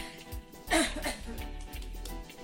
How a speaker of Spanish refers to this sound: Perdón usted la tos, pero como que me enfrié. Como que se desató, ¿no? Este tosedera.